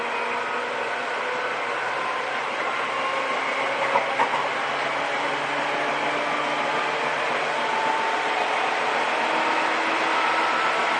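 A Seibu old 2000-series train running on the Seibu-Shinjuku to Hon-Kawagoe line, heard as a steady, dense rumble and hiss that holds level throughout. Faint whining tones drift in and out, and a couple of brief sharp knocks come around the four-second mark.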